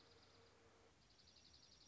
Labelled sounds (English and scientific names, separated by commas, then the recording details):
Dark-eyed Junco (Junco hyemalis)
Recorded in Sonoma County, California